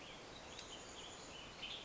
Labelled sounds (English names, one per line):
Western Tanager